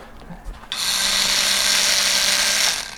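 A power drill starts abruptly and runs steadily for about two seconds, a loud high whine with a constant pitch, then cuts off. Brief soft noises come before it.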